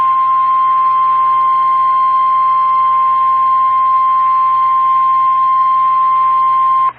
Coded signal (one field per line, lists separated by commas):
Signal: Emergency Alert System (SAME) tones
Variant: 1050 Hz attention tone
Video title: KEC57 Required Weekly Test | April 23, 2025 (EAS #3)